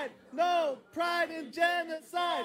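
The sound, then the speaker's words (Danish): A crowd of protesters, a group called Queers mod besættelse, chants "no pride in genocide" in unison, loud shouted voices rising and falling in four rhythmic bursts with short pauses between each call, interrupting the opening speech at Winter Pride at Huset's music café in central Copenhagen, Denmark. “De råber, no pride in genocide, gør de i lang tid.”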